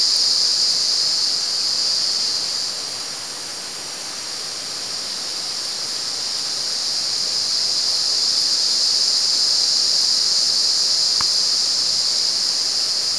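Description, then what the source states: Cicada buzzing song, a continuous high-pitched hiss that dips slightly in volume partway through before swelling again, with one brief click. At San Ramon.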